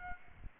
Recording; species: mosquito wingbeat signal from an infrared sensor; Aedes aegypti